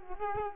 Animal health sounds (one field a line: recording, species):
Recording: mosquito wingbeat signal from an infrared sensor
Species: Culex quinquefasciatus